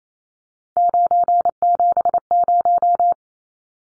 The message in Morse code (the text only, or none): 970